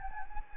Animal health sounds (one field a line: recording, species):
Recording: mosquito wingbeat signal from an infrared sensor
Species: Anopheles gambiae